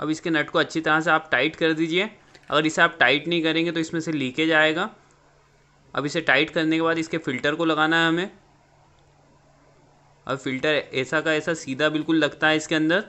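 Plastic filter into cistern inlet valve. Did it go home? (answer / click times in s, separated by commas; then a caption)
no / none. After the nut on a Jaquar concealed cistern's inlet valve is tightened, a plastic filter is picked up and lined up straight to go into the inlet valve before being pushed in and locked. Someone talks in bursts, with quiet pauses around 5–6 s and 8.4–10.2 s where only a low hum remains. Nothing has seated or clicked yet.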